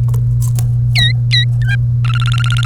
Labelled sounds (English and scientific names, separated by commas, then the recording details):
Domestic Canary (Serinus canaria) song
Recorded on 1 May 2018 at 10:42
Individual llb3